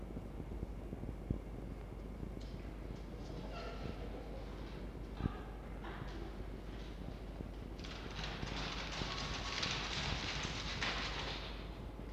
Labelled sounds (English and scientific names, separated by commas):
Red Fox (Vulpes vulpes)